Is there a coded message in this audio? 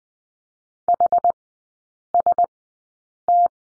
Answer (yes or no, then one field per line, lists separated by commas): yes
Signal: Morse code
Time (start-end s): 0.9-3.5 s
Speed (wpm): 20 wpm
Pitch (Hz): 700 Hz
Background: none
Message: HST